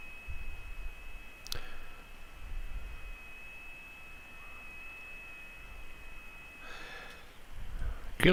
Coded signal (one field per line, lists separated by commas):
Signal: FT8